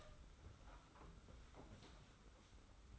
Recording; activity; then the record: daily activity, microphone in the room; open door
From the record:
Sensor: 3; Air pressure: 991.6 hPa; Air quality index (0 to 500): 141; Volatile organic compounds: 322 ppm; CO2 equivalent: 4527 ppm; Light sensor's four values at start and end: 41/116/47/41 and 41/116/47/41